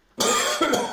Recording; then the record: coughing mixed with background sound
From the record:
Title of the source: Mid-morning Winter Coughing Fit